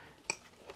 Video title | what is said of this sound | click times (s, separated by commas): Savotta Hatka | the buckles really nice click really secure | 0.3 s